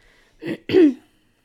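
Two short, forceful bursts of throat clearing in quick succession, the second longer with a rough, voiced rasp that slides downward in pitch. A brief throat-clearing cough in an adult woman with a slight cold.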